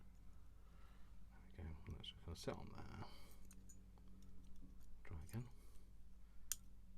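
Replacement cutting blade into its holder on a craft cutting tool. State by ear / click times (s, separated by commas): seated / 6.5 s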